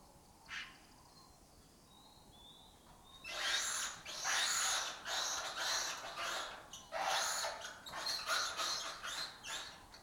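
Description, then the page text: Lesser kestrel with one short call early on, then loud, rasping, scratchy chatter in dense bursts. Breeding colony in an abandoned building complex in Doñana, southern Europe; migratory raptor that forages in West Africa. "Lesser Kestrels Took Over an Abandoned Building. Here in Doñana"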